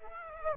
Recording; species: mosquito wingbeat signal from an infrared sensor; Aedes aegypti